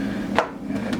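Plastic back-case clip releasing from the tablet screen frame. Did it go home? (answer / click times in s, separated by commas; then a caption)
released / 0.4 s. The last side of an ASUS tablet's plastic back case is pried away from the screen frame, and its clips pop out with a sharp snap at 0.4 s over a steady low hum, with fainter ticks after it. The back case is released from the tablet screen.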